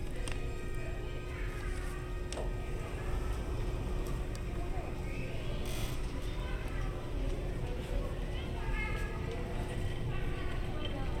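Steady hotel lobby ambience with a continuous low rumble and a dense murmur of voices throughout. Brief talking rises here and there over the crowd noise, a short bright hiss around six seconds, and a constant faint hum runs underneath.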